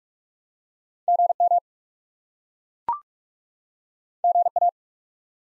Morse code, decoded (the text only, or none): GM GA